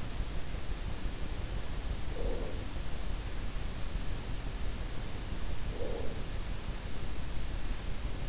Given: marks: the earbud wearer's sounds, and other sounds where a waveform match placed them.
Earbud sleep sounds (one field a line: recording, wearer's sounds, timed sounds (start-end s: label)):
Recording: sounds in sleep by an in-ear microphone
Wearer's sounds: breath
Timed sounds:
1.92-2.98 s: breath
5.33-6.48 s: breath